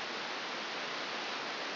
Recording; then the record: brain microelectrode recording played as sound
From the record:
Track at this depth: outside the subthalamic nucleus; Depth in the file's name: -0.951 mm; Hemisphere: left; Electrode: 3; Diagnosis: Parkinson's disease